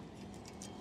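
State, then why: Not seated. A plastic Hopkins Endurance Multi-Tow trailer wiring connector housing is handled at its mounting bracket on a 2017 Thor Siesta Sprinter motorhome, ready to be snapped on so the bracket holds it. Over steady low background noise, two brief handling ticks come at about 0.5 s and 0.6 s. Nothing has seated or clicked yet.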